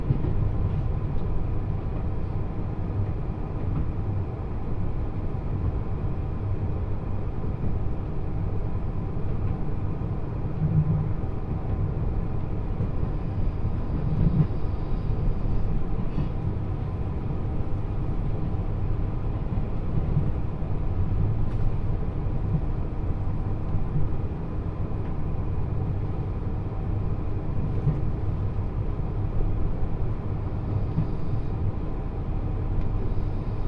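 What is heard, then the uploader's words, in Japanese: Steady low rumble of the limited express Uzushio No. 24 running on the Kōtoku Line from Tokushima toward Sanbonmatsu. The drone stays even throughout, with a faint constant hum above it and occasional soft knocks and rattles, a couple near the middle. 高徳線 徳島→三本松 特急うずしお24号。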